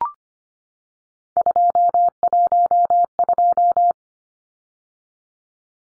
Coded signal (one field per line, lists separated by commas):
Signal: Morse code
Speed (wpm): 25 wpm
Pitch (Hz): 700 Hz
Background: none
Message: 212